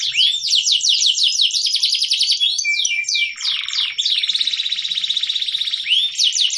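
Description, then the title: Atlantic canary pouring out fast swept notes and rolling trills, with a low rattling stretch before a steady high buzzy trill. Canary singing with cengkok (varied melodic phrasing), F2 bird, loud, with long song duration of about one minute. "Cengkok Kenari Mewah. Kenari f2ys"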